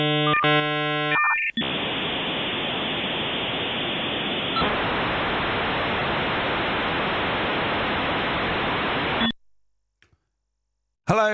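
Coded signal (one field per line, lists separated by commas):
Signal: dial-up modem handshake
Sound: dialing tones, a steady high tone, warbling chirps, then several seconds of loud hiss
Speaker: yes that's because you've just heard the sound of a dial-up modem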